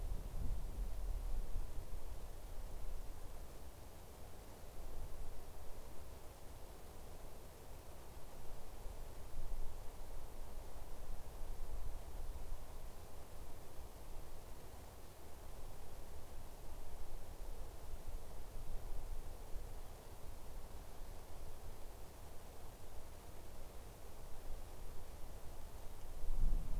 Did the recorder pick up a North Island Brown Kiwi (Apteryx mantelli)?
no